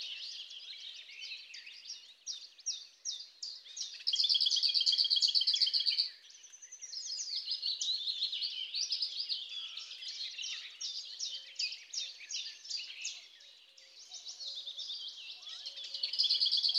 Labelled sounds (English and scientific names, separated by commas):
Lesser Whitethroat (Sylvia curruca) song